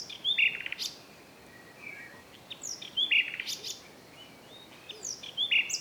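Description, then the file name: Common nightingale giving sparse song phrases: brief bright notes with short rattles, spaced roughly every two to three seconds, and faint chirps between. "Luscinia megarhynchos"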